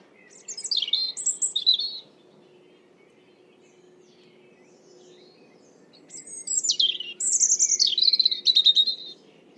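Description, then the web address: European robin song: two thin, high, tumbling warbled phrases of rapid notes, one near the start and a longer one after a pause of about four seconds. "Deverinetal 2025"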